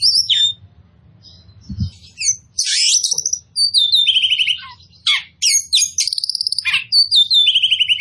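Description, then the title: Oriental magpie-robin singing a varied, energetic medley of sharp whistles, rapid trills and descending slurred notes, with brief pauses and a soft thump near the start. Described as in full, vigorous song. "Kacer Poci"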